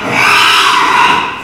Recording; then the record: squeal of a Yucatan mini pig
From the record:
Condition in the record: after surgery on the right vocal fold (resection and tissue-engineered implant); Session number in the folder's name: 1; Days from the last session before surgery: 6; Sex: male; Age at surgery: 12 weeks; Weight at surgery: 13 kg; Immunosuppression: cyclosporine, prednisolone